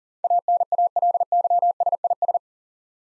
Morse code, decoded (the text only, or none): ANALYSIS